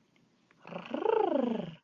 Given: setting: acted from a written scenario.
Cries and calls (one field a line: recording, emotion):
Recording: vocal sound without words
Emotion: desire